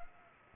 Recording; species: mosquito wingbeat signal from an infrared sensor; Culex pipiens